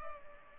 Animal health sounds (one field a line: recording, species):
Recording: mosquito wingbeat signal from an infrared sensor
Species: Culex pipiens